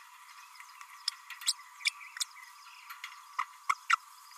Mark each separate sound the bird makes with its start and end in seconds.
1.46-1.53, 3.38-3.44, 3.69-3.74, 3.89-3.97